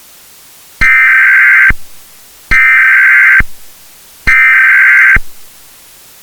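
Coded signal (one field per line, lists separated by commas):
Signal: Emergency Alert System (SAME) tones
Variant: header bursts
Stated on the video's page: Fictional mock nuclear attack EAS scenario.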